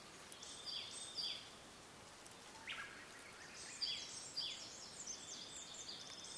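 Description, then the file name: Blue-and-white flycatcher song, faint high whistled notes and short slurred phrases in scattered bursts. "oruri"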